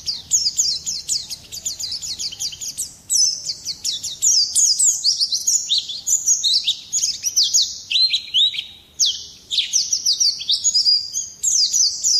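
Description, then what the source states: White-eye song, a long continuous stream of high, tinkling twitters and downward-slurred notes, pausing briefly now and then before resuming. Local name pleci; labelled ngalas.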